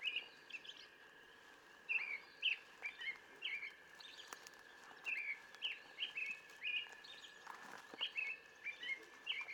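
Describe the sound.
Brown thrasher song: a steady stream of short chirpy and whistled phrases, several given in pairs, against continuous background noise.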